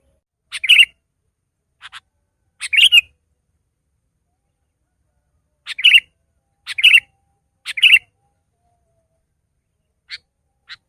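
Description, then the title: Sooty-headed bulbul song: short bubbly phrases given irregularly, some loud and some faint, with long silent gaps between them. "kutilang"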